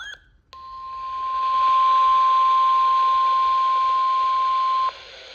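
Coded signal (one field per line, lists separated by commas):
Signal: Emergency Alert System (SAME) tones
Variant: 1050 Hz attention tone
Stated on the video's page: Real severe thunderstorm warning on NOAA Weather Radio station.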